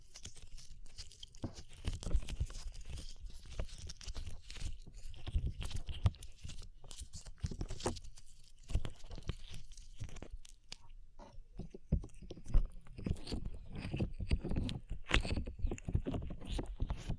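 Slime being squished and pressed, a dense run of wet clicks, pops and squelches that never settles into a steady rhythm. Soft low thumps sit under the sticky crackle, with a brief lull near the ten-second mark before the squishing picks up again.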